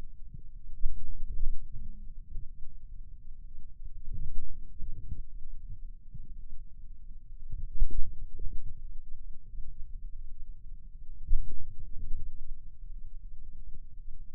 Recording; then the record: forearm muscle sounds (acoustic myography)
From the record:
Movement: ulnar deviation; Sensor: system 2, bracelet of six BSWA MPA416 microphones around the upper forearm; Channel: 2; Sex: male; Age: 22 years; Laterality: right